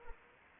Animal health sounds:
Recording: mosquito wingbeat signal from an infrared sensor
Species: Anopheles arabiensis

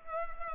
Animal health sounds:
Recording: mosquito wingbeat signal from an infrared sensor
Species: Culex pipiens

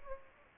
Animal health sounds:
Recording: mosquito wingbeat signal from an infrared sensor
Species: Aedes aegypti

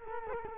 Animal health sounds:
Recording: mosquito wingbeat signal from an infrared sensor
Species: Culex quinquefasciatus

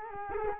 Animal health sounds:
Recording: mosquito wingbeat signal from an infrared sensor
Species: Culex quinquefasciatus

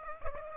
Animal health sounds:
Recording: mosquito wingbeat signal from an infrared sensor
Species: Aedes aegypti

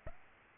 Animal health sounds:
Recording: mosquito wingbeat signal from an infrared sensor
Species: Aedes aegypti

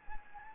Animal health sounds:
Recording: mosquito wingbeat signal from an infrared sensor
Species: Anopheles gambiae

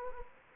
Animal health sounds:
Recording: mosquito wingbeat signal from an infrared sensor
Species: Anopheles gambiae

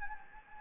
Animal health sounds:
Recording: mosquito wingbeat signal from an infrared sensor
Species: Anopheles gambiae

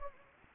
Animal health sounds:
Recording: mosquito wingbeat signal from an infrared sensor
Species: Anopheles gambiae

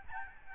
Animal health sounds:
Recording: mosquito wingbeat signal from an infrared sensor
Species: Aedes albopictus

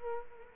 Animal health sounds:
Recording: mosquito wingbeat signal from an infrared sensor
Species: Culex quinquefasciatus

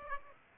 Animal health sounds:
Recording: mosquito wingbeat signal from an infrared sensor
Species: Aedes aegypti

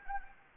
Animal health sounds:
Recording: mosquito wingbeat signal from an infrared sensor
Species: Anopheles arabiensis

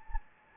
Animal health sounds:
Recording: mosquito wingbeat signal from an infrared sensor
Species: Anopheles gambiae

